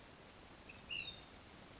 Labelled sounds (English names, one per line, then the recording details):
Ash-throated Flycatcher
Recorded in Sonoma County, California